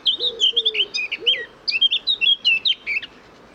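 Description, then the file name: Eurasian blackcap song, a fast run of varied high warbled notes, some sliding down, in two bursts; low dove-like cooing underneath in the first half. "Sylvia atricapilla"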